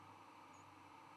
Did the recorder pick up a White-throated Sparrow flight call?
no